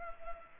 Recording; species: mosquito wingbeat signal from an infrared sensor; Culex pipiens